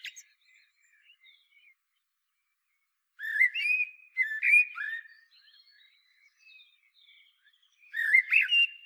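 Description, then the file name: Common blackbird song, warbled phrases with softer, quieter twittering between them. "Turdus merula"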